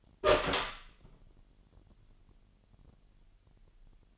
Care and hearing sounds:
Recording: daily activity, microphone in the room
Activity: open door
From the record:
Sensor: 4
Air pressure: 999.2 hPa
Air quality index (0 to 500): 113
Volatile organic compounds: 2 ppm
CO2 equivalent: 1117 ppm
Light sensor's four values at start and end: 13/30/12/13 and 13/33/13/15

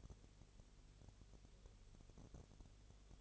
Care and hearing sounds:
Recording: daily activity, microphone in the room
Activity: no activity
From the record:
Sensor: 4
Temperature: 22.6 degrees Celsius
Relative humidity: 32.0%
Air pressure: 1008.1 hPa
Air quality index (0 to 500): 114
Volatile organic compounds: 2 ppm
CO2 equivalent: 1104 ppm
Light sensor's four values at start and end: 2/3/1/1 and 2/3/1/1

